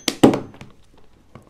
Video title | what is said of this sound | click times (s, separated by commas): Młotowiertarka SDS składanie i uruchomienie, Od A do Z | Er rastet ein, und wir | 0.1 s